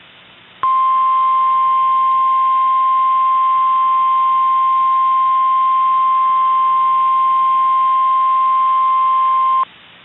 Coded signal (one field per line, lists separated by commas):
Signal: Emergency Alert System (SAME) tones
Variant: 1050 Hz attention tone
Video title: EAS Severe Thunderstorm Watch (10/23/21) (VALID TONES)